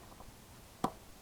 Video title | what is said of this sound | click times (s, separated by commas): Lets change it!!! | snap it down if you heard that | 0.9 s